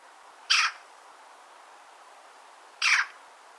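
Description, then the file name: Eurasian magpie giving two harsh, rasping single calls about two seconds apart, broad and noisy in tone, with a quiet background between them. "Pica pica"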